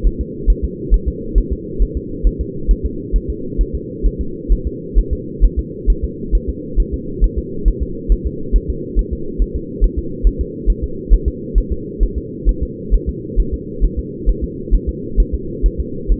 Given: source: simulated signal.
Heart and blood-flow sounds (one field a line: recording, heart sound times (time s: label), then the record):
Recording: fetal heart sounds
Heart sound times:
0.07 s: S1
0.21 s: S2
0.50 s: S1
0.64 s: S2
0.94 s: S1
1.08 s: S2
1.38 s: S1
1.53 s: S2
1.83 s: S1
1.97 s: S2
2.27 s: S1
2.41 s: S2
2.71 s: S1
2.86 s: S2
3.16 s: S1
3.30 s: S2
3.61 s: S1
3.75 s: S2
4.06 s: S1
4.21 s: S2
4.53 s: S1
4.67 s: S2
4.99 s: S1
5.13 s: S2
5.45 s: S1
5.59 s: S2
5.90 s: S1
6.04 s: S2
6.35 s: S1
6.49 s: S2
6.80 s: S1
6.94 s: S2
7.24 s: S1
7.38 s: S2
7.68 s: S1
7.83 s: S2
8.12 s: S1
8.27 s: S2
8.56 s: S1
8.70 s: S2
8.99 s: S1
9.13 s: S2
9.42 s: S1
9.56 s: S2
9.84 s: S1
9.99 s: S2
10.27 s: S1
10.41 s: S2
10.70 s: S1
10.84 s: S2
11.14 s: S1
11.28 s: S2
11.58 s: S1
11.72 s: S2
12.03 s: S1
12.18 s: S2
12.49 s: S1
12.63 s: S2
12.95 s: S1
13.09 s: S2
13.40 s: S1
13.54 s: S2
13.84 s: S1
13.99 s: S2
14.29 s: S1
14.44 s: S2
14.75 s: S1
14.89 s: S2
15.20 s: S1
15.34 s: S2
15.66 s: S1
15.80 s: S2
16.12 s: S1
From the record:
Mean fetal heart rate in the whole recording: 135 bpm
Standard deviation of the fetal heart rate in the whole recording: 3 bpm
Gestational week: 36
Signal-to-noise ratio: -4.3 dB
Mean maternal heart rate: 72 bpm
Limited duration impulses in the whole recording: absent